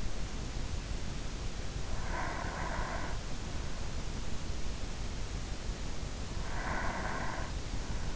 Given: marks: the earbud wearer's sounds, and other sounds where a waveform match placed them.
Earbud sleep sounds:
sounds in sleep by an in-ear microphone; breath
1.97-3.65 s: breath
5.66-8.16 s: breath

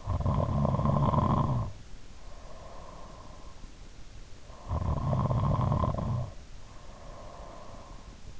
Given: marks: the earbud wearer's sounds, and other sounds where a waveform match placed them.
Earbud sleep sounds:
sounds in sleep by an in-ear microphone; snoring breath
0.00-3.62 s: snoring breath
4.45-8.00 s: snoring breath

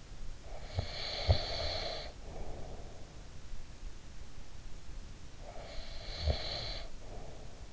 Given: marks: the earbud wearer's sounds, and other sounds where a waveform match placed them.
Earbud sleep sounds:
sounds in sleep by an in-ear microphone; breath
0.39-3.05 s: breath
5.13-7.73 s: breath

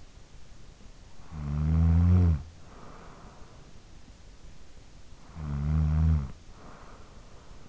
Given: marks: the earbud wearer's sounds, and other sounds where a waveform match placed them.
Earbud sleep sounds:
sounds in sleep by an in-ear microphone; snoring breath
0.59-4.34 s: snoring breath
4.72-7.69 s: snoring breath

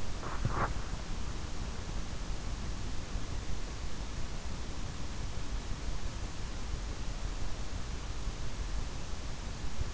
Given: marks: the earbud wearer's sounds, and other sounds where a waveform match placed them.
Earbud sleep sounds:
sounds in sleep by an in-ear microphone; body movement
0.00-0.90 s: body movement

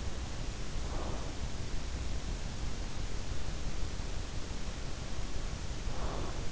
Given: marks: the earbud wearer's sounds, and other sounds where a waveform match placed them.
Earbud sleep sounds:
sounds in sleep by an in-ear microphone; breath
0.37-1.42 s: breath
5.61-6.52 s: breath

